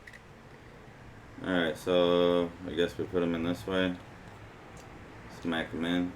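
Wireless earbuds are handled and lined up to be pushed firmly into the molded slots of a protective case insert while someone talks. Two faint ticks sound near the start, around 0.1 and 0.2 s. Nothing has seated or clicked into place yet by the end.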